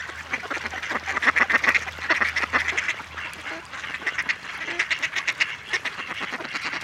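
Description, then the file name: Mallard quacking in a rapid series of short, harsh, nasal notes, some louder bursts clustered together, with a faint low hum underneath. "Grasand"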